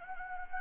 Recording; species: mosquito wingbeat signal from an infrared sensor; Anopheles gambiae